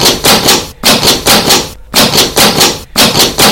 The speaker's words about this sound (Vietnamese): Hinh lại chạy về trước cửa buồng sảnh, đập cửa thật mạnh.